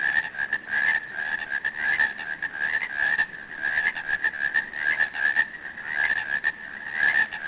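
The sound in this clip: Frog calling in a steady, rapid pulsing trill, mid-pitched and fluttering, running almost without pause through the whole stretch.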